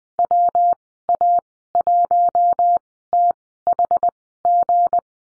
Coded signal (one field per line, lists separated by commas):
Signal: Morse code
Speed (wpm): 20 wpm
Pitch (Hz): 700 Hz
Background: none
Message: WA1THG